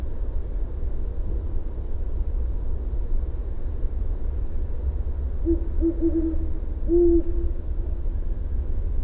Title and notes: Great Horned Owl calling (with headphones you may also hear a distant Great Horned Owl). Mallards and some other unidentified birds in background. Recorded about 4am Dec 23, 2015.